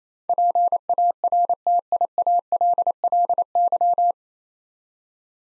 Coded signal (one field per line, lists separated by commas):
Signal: Morse code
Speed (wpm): 28 wpm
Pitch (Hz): 700 Hz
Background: none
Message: PARTIALLY